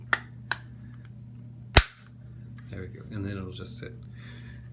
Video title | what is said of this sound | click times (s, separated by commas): Select Blinds Bracket Installation | again when you're installing this that that's very easy to click into place but | 1.8 s